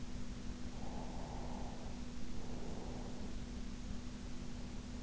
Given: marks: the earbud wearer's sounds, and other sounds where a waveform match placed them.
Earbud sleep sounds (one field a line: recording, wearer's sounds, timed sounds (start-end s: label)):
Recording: sounds in sleep by an in-ear microphone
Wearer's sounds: breath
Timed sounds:
0.37-3.80 s: breath